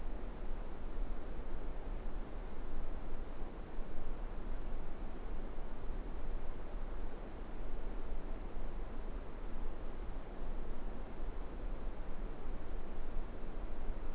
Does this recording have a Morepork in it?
no